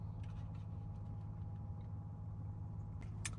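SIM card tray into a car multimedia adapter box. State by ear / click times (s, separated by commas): seated / 3.3 s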